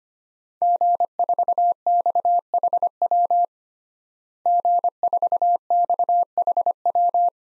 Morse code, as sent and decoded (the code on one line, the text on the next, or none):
--. ....- -..- .... .-- / --. ....- -..- .... .--
G4XHW G4XHW